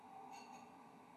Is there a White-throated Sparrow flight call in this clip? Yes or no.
no